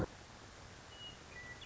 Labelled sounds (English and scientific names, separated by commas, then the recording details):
Western Meadowlark (Sturnella neglecta)
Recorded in Sonoma County, California